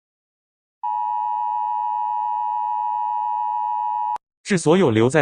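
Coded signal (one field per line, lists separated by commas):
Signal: Emergency Alert System (SAME) tones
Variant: 853 and 960 Hz attention tone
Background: speech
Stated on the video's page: Fictional EAS scenario; simulated alert tones.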